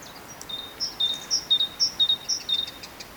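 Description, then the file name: Great tit singing a steady run of high-low two-note whistles, about two per second, over a faint hiss. "Parus major"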